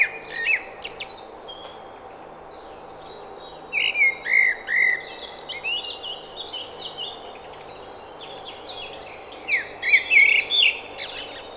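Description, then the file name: Common blackbird song: fluted warbling phrases with squeaky high notes, separated by pauses, with many high chirps and trills. "Turdus merula"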